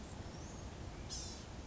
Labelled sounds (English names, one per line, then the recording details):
Blue-gray Gnatcatcher
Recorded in Sonoma County, California